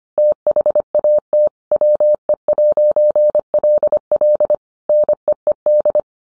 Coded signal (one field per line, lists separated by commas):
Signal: Morse code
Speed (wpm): 25 wpm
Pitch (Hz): 600 Hz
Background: none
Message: THAT WE'LL NEED